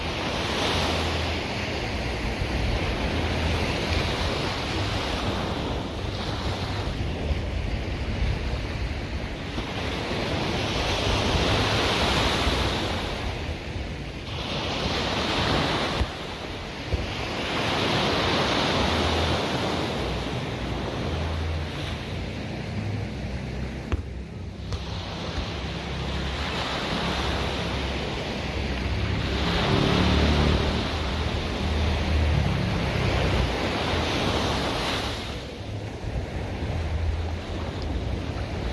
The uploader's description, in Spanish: sonido del mar desde el pacifico de Honduras